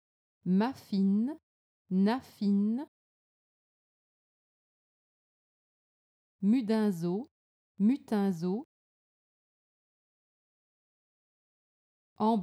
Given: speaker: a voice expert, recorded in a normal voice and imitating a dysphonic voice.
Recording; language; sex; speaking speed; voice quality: pseudo-word pairs; French; female; normal speed; normal voice